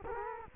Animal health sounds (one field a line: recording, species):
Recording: mosquito wingbeat signal from an infrared sensor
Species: Culex quinquefasciatus